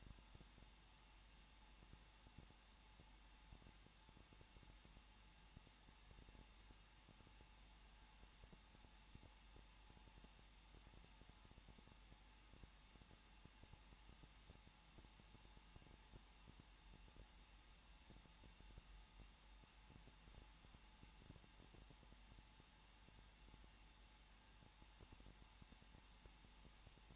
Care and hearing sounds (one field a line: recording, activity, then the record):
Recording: daily activity, microphone in the room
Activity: no activity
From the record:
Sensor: 1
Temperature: 20.1 degrees Celsius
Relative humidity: 39.4%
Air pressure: 1006.4 hPa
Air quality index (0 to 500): 218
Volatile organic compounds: 80 ppm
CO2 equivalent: 3605 ppm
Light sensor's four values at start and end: 1/2/1/1 and 1/2/1/1